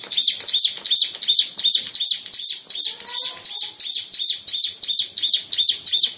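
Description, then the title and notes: Bird repeating bright, piercing chirps at a steady pace of about three a second throughout. "Bird Sound. Kicau Burung Lengkap"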